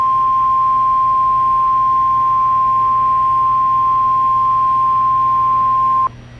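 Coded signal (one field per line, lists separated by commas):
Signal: Emergency Alert System (SAME) tones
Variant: 853 and 960 Hz attention tone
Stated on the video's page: Tornado Warning from the Omaha (OAX) weather office, captured from an internet stream.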